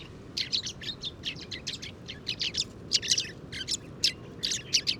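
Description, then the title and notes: Sudan golden sparrow chirps, bright clipped notes in quick irregular bursts, several birds calling together over a quiet low background. 7 March 2019, Oued Enoicre, Tagant, Mauritania; oasis; common species, always in family flocks gathering at evening communal roost; recorded in the morning at roost site; Tlp7, MixPre 3. "Moineau doré ou Moineau jaune - Mauritanie. 7 mars 2019-Oued Enoicre - Tagant - Mauritanie"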